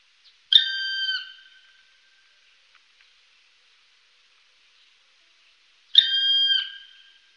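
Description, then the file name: Black woodpecker calls: two long, plaintive whistled notes, each under a second, spaced about five seconds apart in quiet surroundings. "Spillkraka"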